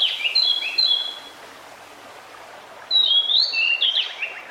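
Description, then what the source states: Pied Bushchat song, two brief whistled warbling phrases separated by a pause, over constant background hiss. Recording meant to help a decu that has stopped singing; decu is a territorial fighter-type bird.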